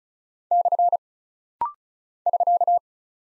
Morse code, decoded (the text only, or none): / <SK>